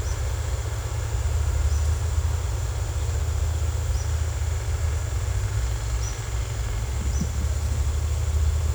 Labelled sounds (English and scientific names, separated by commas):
none